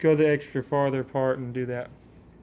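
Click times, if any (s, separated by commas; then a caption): none. A finger-extension base plate is being fitted onto a Ruger SR22 pistol magazine, with the part handled but not yet pushed fully home. Someone talks throughout, and there are no sharp transients. Nothing has seated or clicked yet.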